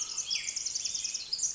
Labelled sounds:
Pacific Wren (Troglodytes pacificus)
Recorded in Sonoma County, California

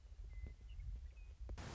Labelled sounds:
Western Meadowlark (Sturnella neglecta)
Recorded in Sonoma County, California

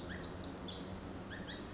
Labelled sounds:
Pacific Wren (Troglodytes pacificus)
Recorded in Sonoma County, California

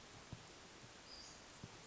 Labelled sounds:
Western Flycatcher (Empidonax difficilis)
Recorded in Sonoma County, California

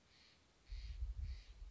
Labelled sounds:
Steller's Jay (Cyanocitta stelleri)
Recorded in Sonoma County, California

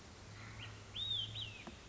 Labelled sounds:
Olive-sided Flycatcher (Contopus cooperi)
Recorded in Sonoma County, California

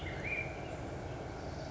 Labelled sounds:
Black-headed Grosbeak (Pheucticus melanocephalus)
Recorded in Sonoma County, California

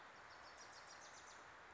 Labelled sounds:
Wilson's Warbler (Cardellina pusilla)
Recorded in Sonoma County, California

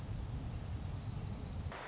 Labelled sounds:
Orange-crowned Warbler (Leiothlypis celata)
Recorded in Sonoma County, California

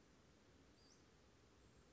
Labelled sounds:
Western Flycatcher (Empidonax difficilis)
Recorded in Sonoma County, California

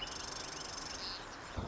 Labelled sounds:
Marsh Wren (Cistothorus palustris)
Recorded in Sonoma County, California

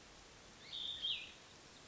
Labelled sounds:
Cassin's Vireo (Vireo cassinii)
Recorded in Sonoma County, California

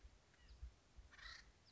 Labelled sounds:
Acorn Woodpecker (Melanerpes formicivorus)
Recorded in Sonoma County, California

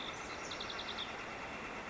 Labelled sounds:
Northern Flicker (Colaptes auratus)
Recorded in Sonoma County, California

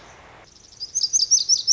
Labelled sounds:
Lazuli Bunting (Passerina amoena)
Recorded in Sonoma County, California

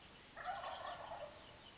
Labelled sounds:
Wild Turkey (Meleagris gallopavo)
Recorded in Sonoma County, California

